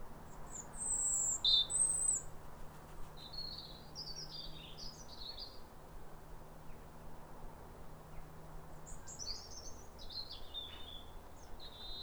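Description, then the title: European robin giving bright, tinkling song phrases, a strong burst at first followed by softer, thin warbles and trills after pauses. Two robins, a pair in neighbouring gardens, singing wistful alternating phrases like a duet at a clear, calm, rosy New Year sunrise in winter after weeks of rain. "Sound Escape 150: Be uplifted by a chorus of New Year's robins"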